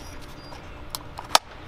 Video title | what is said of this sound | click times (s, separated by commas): EASY OIL CHANGE DODGE CHARGER | it in until you hear it click | 1.4 s